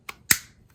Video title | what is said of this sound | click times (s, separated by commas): Colop e-Mark Create by WRMK - Unboxing and Review | There we go, till it clicks. | 0.3 s